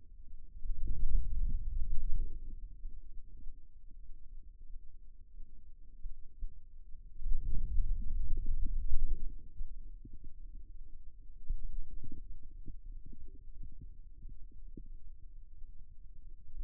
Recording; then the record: forearm muscle sounds (acoustic myography)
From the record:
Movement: ulnar deviation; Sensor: system 2, bracelet of six BSWA MPA416 microphones around the upper forearm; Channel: 2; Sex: male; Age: 22 years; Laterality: right